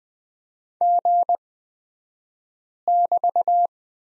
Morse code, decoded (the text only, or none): G<BT>